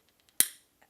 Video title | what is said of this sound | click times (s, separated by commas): How to Identify and Stop an Opioid Overdose -- Scottsdale Detox | a little bit of force you could hear that snap and you're gonna see a gray plunger | 0.4 s